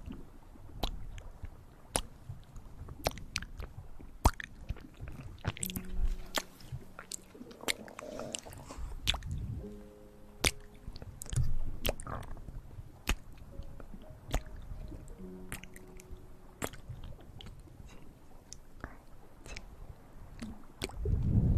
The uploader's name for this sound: Intense Mouth Sounds